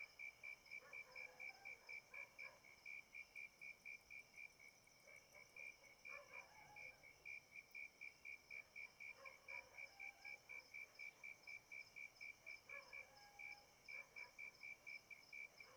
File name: Grilos de madrugada com cachorro latindo longe e morcego